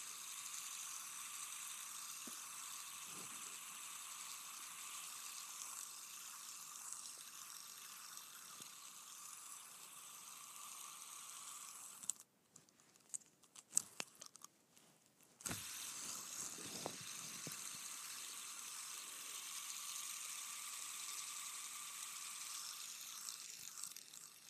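A fidget spinner whirs with a steady bright hum, stops around twelve seconds for a few clicks and handling taps, then spins again.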